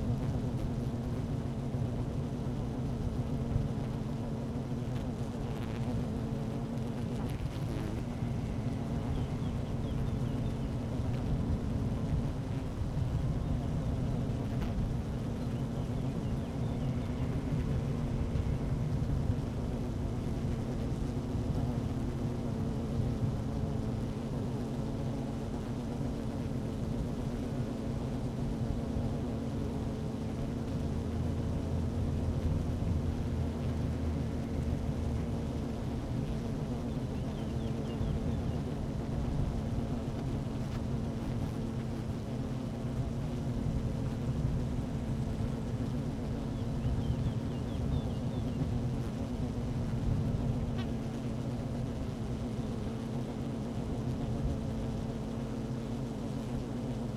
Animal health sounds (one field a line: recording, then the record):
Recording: honeybee colony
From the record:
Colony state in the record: active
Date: 12 June 2018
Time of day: 12:16